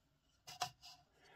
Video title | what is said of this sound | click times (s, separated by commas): Making Beeswax Candles WO | goes right into that little hole there. It locks in place. | 0.6 s